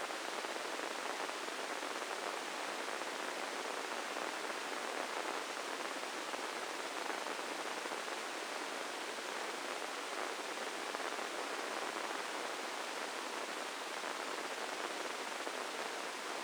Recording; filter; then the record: brain microelectrode recording played as sound; spike band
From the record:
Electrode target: subthalamic nucleus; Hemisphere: left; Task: reaching with the right hand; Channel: 1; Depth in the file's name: 4.826 mm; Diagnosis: Parkinson's disease